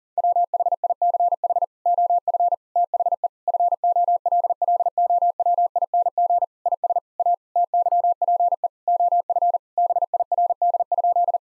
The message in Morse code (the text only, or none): WHICH OF THE FOLLOWING IS A TYPE OF BIRD?